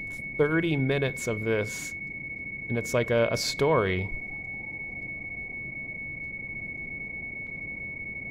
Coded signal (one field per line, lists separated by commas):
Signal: PSK31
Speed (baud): 31.25 baud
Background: speech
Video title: (It's Winter, Shortwave Radio) LudoCrypto 1 Year Anniversary